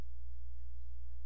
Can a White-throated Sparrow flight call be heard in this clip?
no